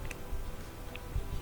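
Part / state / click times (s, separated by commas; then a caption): wiring harness connector into the rear wiper module socket / not seated / none. A rear wiper/defroster wiring harness connector on a GMC Yukon is handled and plugged toward the rear wiper module's socket during a repair. Faint handling noise with two short, sharp ticks at about 0.1 s and 1.0 s. The connector has not seated or clicked yet.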